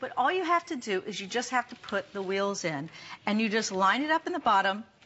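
A woman talks while handling a plastic wheel to put it into the bottom frame of a collapsible rolling shopping cart. The clip is almost entirely speech, with only a faint tick near 5.0 s as the talk ends. The wheel has not yet snapped into place; nothing has seated or clicked.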